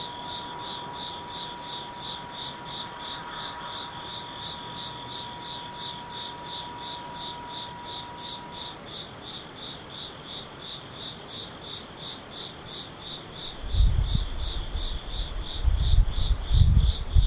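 Insects chirp in a fast, steady pulsing trill with a thin high tone for the first half, then low rumbling thumps enter near the end.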